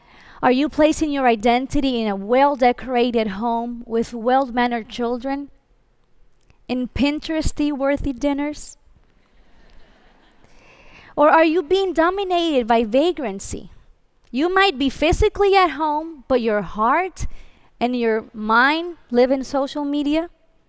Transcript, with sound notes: Are you placing your identity in a well-decorated home with well-mannered children and Pinterest-worthy dinners? (laughter) Or are you being dominated by vagrancy? You might be physically at home, but your heart and your mind live in social media.